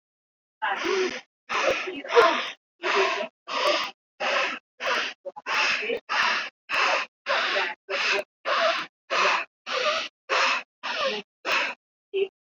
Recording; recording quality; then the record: shallow breathing; excellent, no background noise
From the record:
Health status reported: recovered from COVID-19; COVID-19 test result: positive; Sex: female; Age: 50 years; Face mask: worn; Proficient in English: yes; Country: India